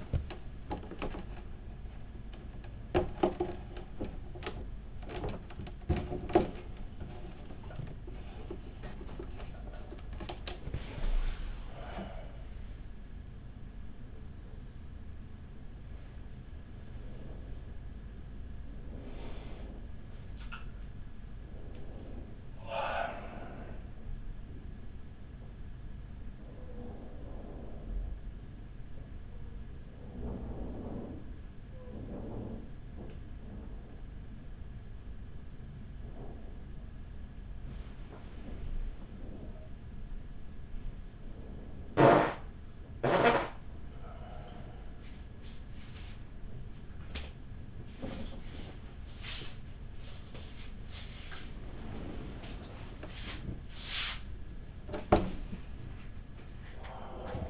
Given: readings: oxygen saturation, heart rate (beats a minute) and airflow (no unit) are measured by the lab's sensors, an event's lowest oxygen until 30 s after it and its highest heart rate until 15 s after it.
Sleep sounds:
a person awake in a sleep study, by a smartphone at the bedside; none
0.00-57.50 s: awake
From the record:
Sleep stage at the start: awake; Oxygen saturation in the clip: 96 to 97%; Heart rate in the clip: 45 to 76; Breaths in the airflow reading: 15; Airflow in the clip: -7.9 to 9.4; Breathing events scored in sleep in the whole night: 207 in 7.6 hours asleep

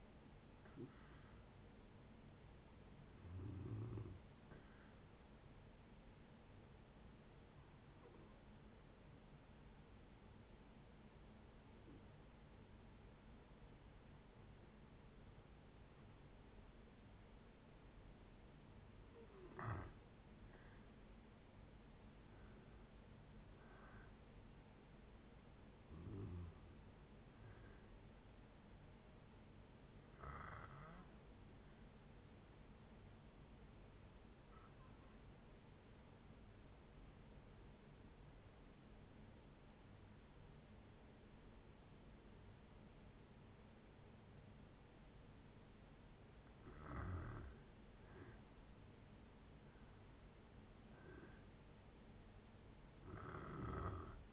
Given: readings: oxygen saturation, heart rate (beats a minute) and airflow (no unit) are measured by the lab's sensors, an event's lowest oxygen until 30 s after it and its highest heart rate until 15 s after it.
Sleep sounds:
breathing in sleep by a voice recorder at the bedside; 2
5.00-20.10 s: hypopnea (N1, oxygen 95% highest, then 89% lowest, heart rate 71 at the start, 71 highest)
21.00-54.33 s: new sleep stage, N2 (light sleep)
36.00-47.20 s: obstructive apnea (N2, oxygen 95% highest, then 87% lowest, heart rate 66 at the start, 70 highest)
From the record:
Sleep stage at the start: N1 (lightest sleep); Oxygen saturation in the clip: 87 to 95%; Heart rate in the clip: 55 to 71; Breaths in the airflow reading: 12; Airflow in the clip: -8.2 to 11.3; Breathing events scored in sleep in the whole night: 496 in 5.4 hours asleep

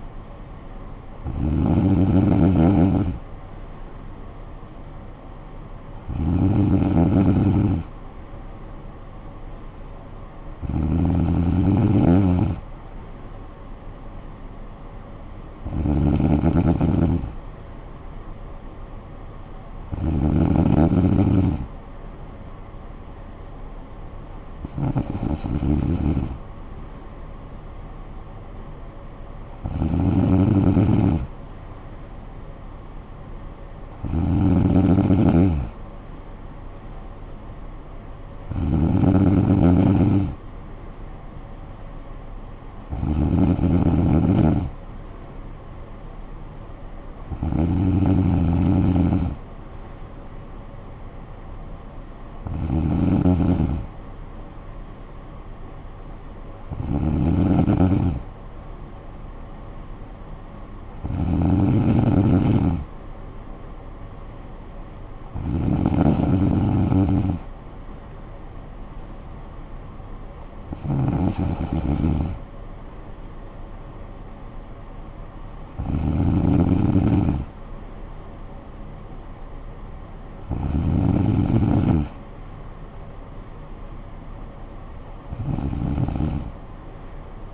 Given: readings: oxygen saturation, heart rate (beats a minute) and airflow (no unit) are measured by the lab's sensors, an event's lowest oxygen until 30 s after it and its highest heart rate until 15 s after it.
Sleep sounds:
breathing in sleep by a smartphone at the bedside; none
none scored
From the record:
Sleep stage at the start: N3 (deep sleep); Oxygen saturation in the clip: 94 to 95%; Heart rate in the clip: 51 to 59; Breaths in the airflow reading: 19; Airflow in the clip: -10.2 to 6.6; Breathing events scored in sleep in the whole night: 445 in 7.6 hours asleep

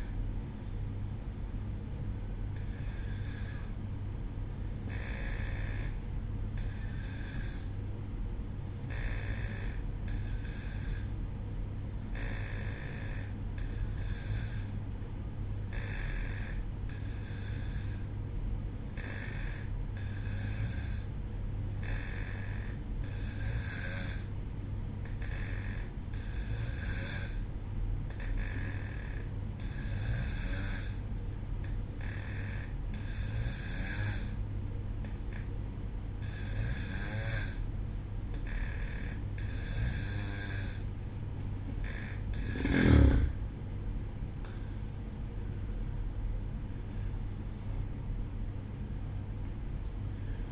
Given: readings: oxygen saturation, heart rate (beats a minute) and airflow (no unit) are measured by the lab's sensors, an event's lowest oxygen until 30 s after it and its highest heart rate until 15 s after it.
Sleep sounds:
breathing in sleep by a smartphone at the bedside; 1
3.00-38.80 s: hypopnea (N2, oxygen 94% highest, then 91% lowest, heart rate 60 at the start, 68 highest)
49.00-50.51 s: new sleep stage, N1 (lightest sleep)
From the record:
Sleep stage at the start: N2 (light sleep); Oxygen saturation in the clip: 91 to 94%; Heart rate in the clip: 60 to 68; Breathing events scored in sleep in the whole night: 305 in 9.6 hours asleep

